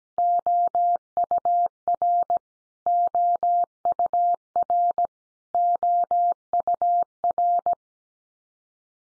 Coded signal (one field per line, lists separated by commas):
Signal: Morse code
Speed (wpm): 17 wpm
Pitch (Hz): 700 Hz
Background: none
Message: OUR OUR OUR